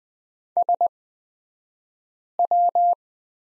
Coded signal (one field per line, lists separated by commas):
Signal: Morse code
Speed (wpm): 20 wpm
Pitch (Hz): 700 Hz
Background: none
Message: SW